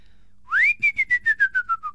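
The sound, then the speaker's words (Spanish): A man whistles, imitating the courtship whistle his father used when approaching the house to court his mother: a clear tone sweeps upward into a held note, then breaks into about seven short, evenly spaced pulses that slide gradually lower in pitch. “era el silbido que tenía cuando se acercaba a casa, a rondarla, luego después cuando se acercaba a casa después del trabajo, voy a ver si le puedo imitar.”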